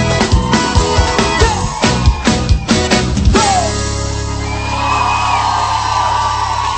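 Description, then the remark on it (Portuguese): Excited high-pitched squeals and whoops from a group of young women, rising in bursts over a pounding rhythmic beat, then trailing into a sustained shrill cheer. “E cadê o gritinho das novinhas?”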